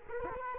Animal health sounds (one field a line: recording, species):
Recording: mosquito wingbeat signal from an infrared sensor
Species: Culex quinquefasciatus